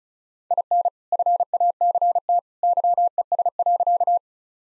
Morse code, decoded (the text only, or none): IN FACT YES.